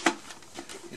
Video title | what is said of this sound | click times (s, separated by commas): Dyson DC29 review | it doesn't latch onto anything | none